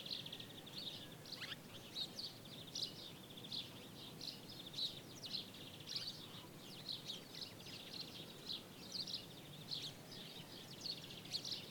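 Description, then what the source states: Birds chattering in a busy chorus of rapid high chirps and buzzy trills, with a broad background noise throughout. Birds in daytime ambience in Jerez, Spain.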